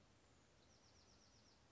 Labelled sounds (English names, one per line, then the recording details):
Bewick's Wren
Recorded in Sonoma County, California